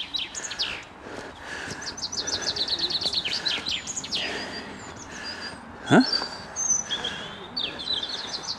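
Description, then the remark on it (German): A bird sings loudly in rapid repeated trills and chirps, bright high-pitched phrases running almost continuously, with a low background hum and a brief thud partway through. “Ich verstehe nichts, der Vogel ist so laut.”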